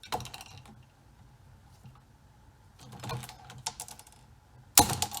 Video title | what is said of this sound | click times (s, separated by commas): PowerBox Build It Yourself Instructional Video | and then you just squeeze this until you hear a pop | 4.8 s